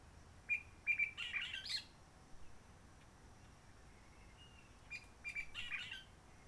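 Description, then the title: Réunion bulbul: two bursts of short whistled notes, each running into a chattering phrase, one near the start and one after a quiet gap past midway. Roche Merveilleuse forest, Réunion; quiet since the 19 March 2020 lockdown, no hikers, microlights or helicopters; sunny blue sky; birds not very active; sings simpler short phrases, adapted to past noise pollution. "Roche Merveilleuse, Réunion - Merle de lîle de la Réunion."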